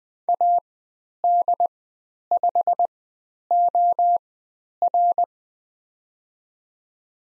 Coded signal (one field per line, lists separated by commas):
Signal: Morse code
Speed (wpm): 20 wpm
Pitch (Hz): 700 Hz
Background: none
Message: AD5OR